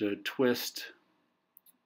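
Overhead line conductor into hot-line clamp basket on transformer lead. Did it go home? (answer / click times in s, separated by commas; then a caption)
yes / 1.6 s. A lineman uses a shotgun hot stick to set an energized overhead line conductor into the basket of a hot-line clamp on a transformer lead and twist the basket closed. Someone talks for the first second, then after a quiet pause a sharp, short click sounds at 1.6 s, followed by a few faint ticks. The clamp closes on the line, making the connection secure and tight.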